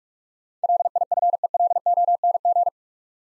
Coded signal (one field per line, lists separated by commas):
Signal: Morse code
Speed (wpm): 45 wpm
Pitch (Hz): 700 Hz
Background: none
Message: LIFELONG